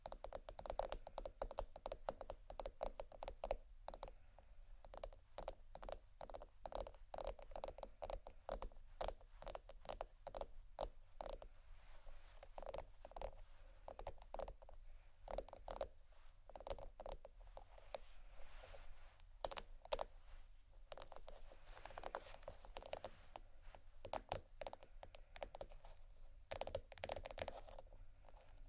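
Dense tapping and scratching on bags, with quick crisp taps and rustles coming in fast, irregular bursts throughout. The sounds are bright, with a low steady hum underneath, and the activity stays busy from start to finish.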